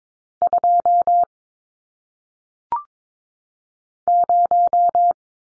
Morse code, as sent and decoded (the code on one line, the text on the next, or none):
..--- / -----
2 0